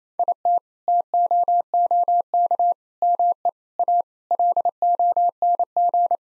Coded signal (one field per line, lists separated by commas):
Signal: Morse code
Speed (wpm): 28 wpm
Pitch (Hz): 700 Hz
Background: none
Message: IT TOOK ME A LONG